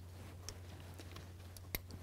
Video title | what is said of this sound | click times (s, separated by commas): How To Replace Shift Lever 1999-2007 Ford F-250 | listen for a click give it a nice tug re-secure this with a wire tie | 1.8 s